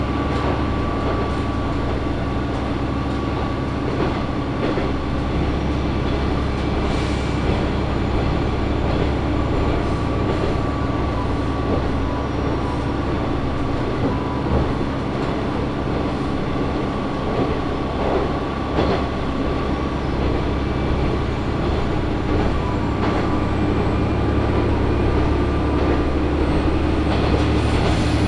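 A Matsuura Railway train runs from Matsuura toward Imari, its steady low rumble and engine drone holding constant throughout. A faint steady tone sits above the rumble, while brief clacks and knocks from the wheels and carriage break through every few seconds.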